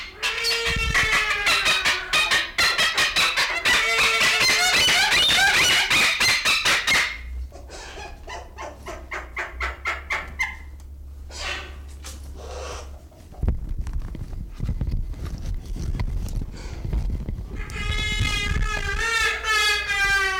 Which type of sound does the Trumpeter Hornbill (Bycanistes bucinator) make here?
call